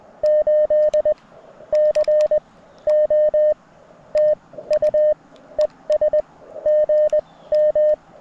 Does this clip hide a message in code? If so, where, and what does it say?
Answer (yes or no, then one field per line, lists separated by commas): yes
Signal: Morse code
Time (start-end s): 0.2-7.9 s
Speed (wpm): 20 wpm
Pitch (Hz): 610 Hz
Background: none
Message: 8 C O TU ES GM